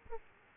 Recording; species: mosquito wingbeat signal from an infrared sensor; Aedes aegypti